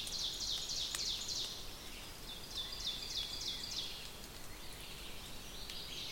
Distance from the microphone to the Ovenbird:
about 90 m